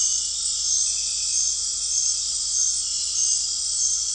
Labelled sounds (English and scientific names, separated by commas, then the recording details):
none
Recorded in dense forest near Puerto Asís, Putumayo, Colombia, on 9 March 2025 at 20:00
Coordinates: 0.499, -76.324
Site GP03